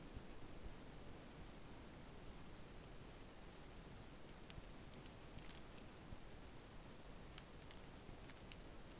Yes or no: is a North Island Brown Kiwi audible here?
no